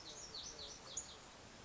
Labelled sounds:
Lazuli Bunting (Passerina amoena)
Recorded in Sonoma County, California

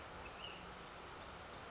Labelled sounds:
Ash-throated Flycatcher (Myiarchus cinerascens)
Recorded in Sonoma County, California

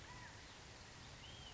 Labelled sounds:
California Quail (Callipepla californica)
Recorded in Sonoma County, California

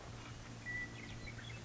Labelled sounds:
Western Meadowlark (Sturnella neglecta)
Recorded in Sonoma County, California

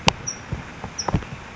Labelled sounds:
California Towhee (Melozone crissalis)
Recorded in Sonoma County, California

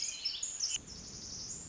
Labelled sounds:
Pacific Wren (Troglodytes pacificus)
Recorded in Sonoma County, California

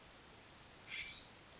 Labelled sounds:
California Scrub-Jay (Aphelocoma californica)
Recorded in Sonoma County, California

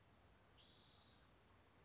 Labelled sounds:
Spotted Towhee (Pipilo maculatus)
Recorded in Sonoma County, California

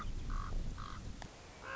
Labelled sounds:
Common Raven (Corvus corax)
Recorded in Sonoma County, California

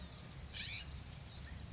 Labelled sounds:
California Scrub-Jay (Aphelocoma californica)
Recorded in Sonoma County, California

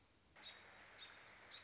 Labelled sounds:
American Robin (Turdus migratorius)
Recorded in Sonoma County, California

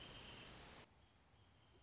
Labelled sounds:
Wrentit (Chamaea fasciata)
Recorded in Sonoma County, California

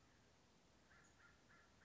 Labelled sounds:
American Crow (Corvus brachyrhynchos)
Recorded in Sonoma County, California

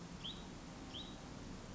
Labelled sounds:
Hutton's Vireo (Vireo huttoni)
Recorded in Sonoma County, California

